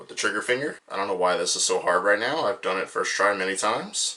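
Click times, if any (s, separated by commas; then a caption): none. Someone talks while trying again to push the plastic rifle's tab into the hand of an HGUC Nu Gundam model kit figure, so the trigger finger goes through the guard, after several failed tries. Nothing has seated or clicked yet; the clip ends just before the rifle goes home.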